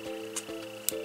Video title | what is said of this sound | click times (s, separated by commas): KADES Apple Watch Bands Review | it in until it clicks and now it's secured and it's not gonna go anywhere again | 0.9 s